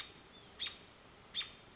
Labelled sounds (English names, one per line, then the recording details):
American Robin
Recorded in Sonoma County, California